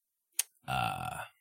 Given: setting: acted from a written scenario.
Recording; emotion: vocal sound without words; realization